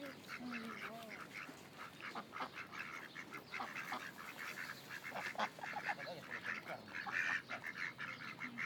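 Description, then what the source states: Ducks calling in a busy, overlapping chorus of harsh nasal calls, with softer calls underneath. Ducks at Lagoa das Furnas; binaural.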